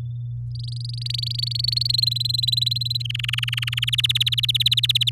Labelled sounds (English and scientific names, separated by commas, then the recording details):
Domestic Canary (Serinus canaria) song
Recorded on 7 May 2018 at 15:23
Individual llb16